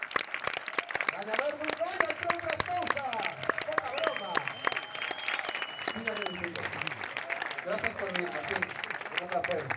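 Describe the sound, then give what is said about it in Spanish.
An audience applauds steadily for several seconds to welcome a presenter, a dense wash of many clapping hands, while a voice talks over the clapping throughout. “por favor, un aplauso moi forte para la presente.”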